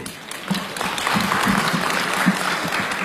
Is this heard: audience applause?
yes